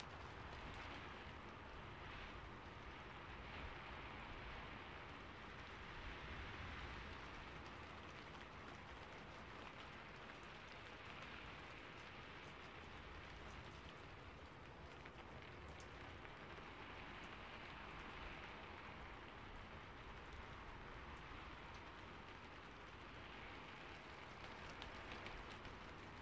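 Ear cleaning sounds mixed with rain, a dense fizzing crackle that runs without pause for the whole stretch. The level stays even throughout, with a soft low rumble underneath and brighter hissing layers that swell and fade every few seconds.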